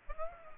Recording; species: mosquito wingbeat signal from an infrared sensor; Aedes aegypti